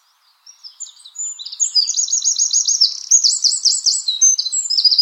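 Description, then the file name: Eurasian wren: a loud, shrill song of quick ringing notes and fast trills running continuously for over four seconds, pitch stepping up and down. "Troglodytes troglodytes"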